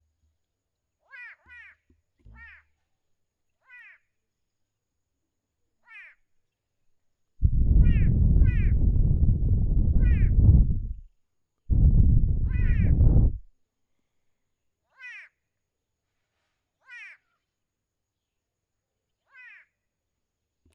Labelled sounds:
White-bellied Go-away-bird
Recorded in northern Uganda

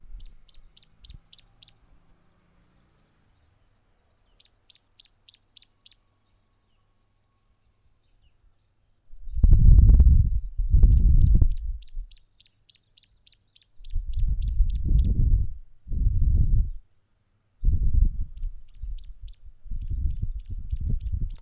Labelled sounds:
Tawny-flanked Prinia
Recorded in northern Uganda

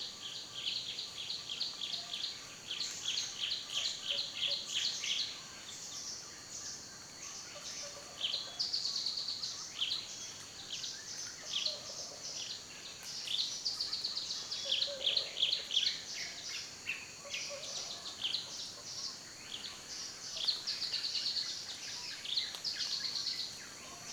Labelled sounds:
Olive-bellied Sunbird
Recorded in Kibale, Uganda

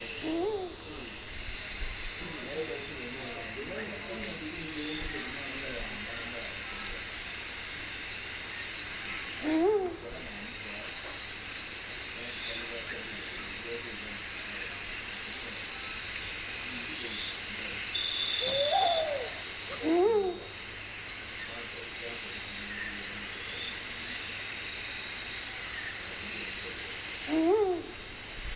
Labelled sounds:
African Wood-owl
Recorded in northern Uganda

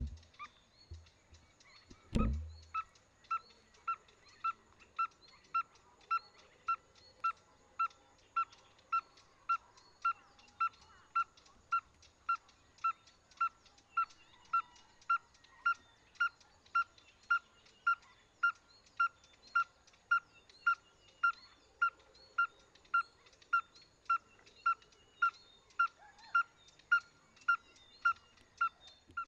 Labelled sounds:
Red-fronted Tinkerbird
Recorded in northern Uganda

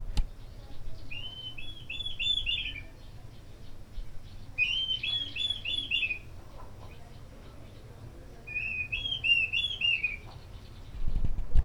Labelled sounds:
Dideric Cuckoo
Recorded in Lake Mburo, Uganda

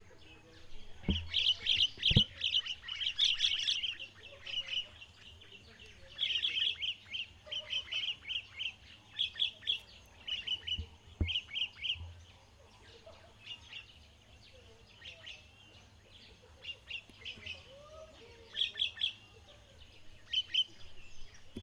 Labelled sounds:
Wattled Starling
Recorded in northern Uganda

